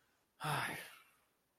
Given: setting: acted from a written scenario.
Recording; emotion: vocal sound without words; distress